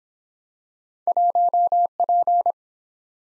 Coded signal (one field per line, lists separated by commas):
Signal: Morse code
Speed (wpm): 24 wpm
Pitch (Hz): 700 Hz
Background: none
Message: 1P